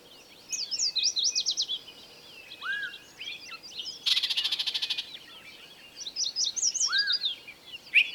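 Birds singing: quick high chirping phrases, a dry buzzing rattle near the middle, and a few slurred whistles, with more twittering at the end.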